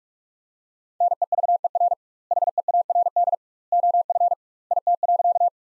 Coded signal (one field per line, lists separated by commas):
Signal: Morse code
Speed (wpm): 46 wpm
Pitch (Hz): 700 Hz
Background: none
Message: NEVER HEARD OF IT.